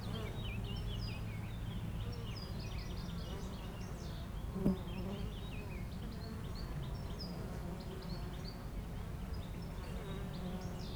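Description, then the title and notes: Honey bees hum in a constant low drone, with high twittering bird notes scattered over it and one brief knock near the middle. Foraging honey bees flying constantly to and from flowers between two hives at the Jardin Vagabond apiary, Aix-les-Bains, France; a few birds in the neighbouring wood. "41 Chem. de Memard, 73100 Aix-les-Bains, France - Les abeilles. Entre deux ruches du rucher du jardin vagabond à Aix-les-bains les abeilles sont en pleine collecte et font d'incessants aller retour vers les fleurs, quelques oiseaux dans le bois voisin"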